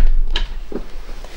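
The second half of a magnetic snap button is pressed into a linen bag flap with a hand-operated eyelet/snap press. A sharp thud-click is heard at 0.4 s, followed by a softer knock, and the snap is set properly in place.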